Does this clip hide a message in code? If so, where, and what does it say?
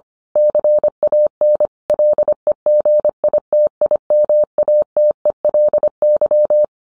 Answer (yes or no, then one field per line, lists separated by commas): yes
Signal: Morse code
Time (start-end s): 0.4-6.6 s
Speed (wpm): 25 wpm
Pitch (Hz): 600 Hz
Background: none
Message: CAN LEGITIMATELY